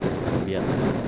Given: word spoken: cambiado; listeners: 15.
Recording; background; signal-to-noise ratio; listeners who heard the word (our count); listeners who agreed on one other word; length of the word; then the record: one Spanish word in noise, from a listening test; noise modulated by three-talker babble; -7.5 dB; 0 of 15; 8 of 15; 0.68 s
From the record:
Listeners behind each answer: 8, 1, 1, 1, 1, 1, 1, 1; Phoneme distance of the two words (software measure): 17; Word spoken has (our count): 3 syllables, 8 phonemes, stress on syllable 2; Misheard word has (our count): 2 syllables, 7 phonemes, stress on syllable 2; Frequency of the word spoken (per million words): 39.04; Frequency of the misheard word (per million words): 76.32